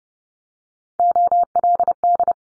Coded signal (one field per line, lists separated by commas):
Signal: Morse code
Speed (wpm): 30 wpm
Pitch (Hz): 700 Hz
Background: none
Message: OLD